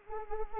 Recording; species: mosquito wingbeat signal from an infrared sensor; Anopheles arabiensis